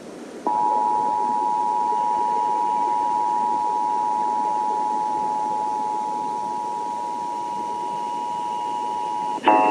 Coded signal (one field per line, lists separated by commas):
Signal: Emergency Alert System (SAME) tones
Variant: 853 and 960 Hz attention tone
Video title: Buffalo, NY Required Monthly Test (3/6/18)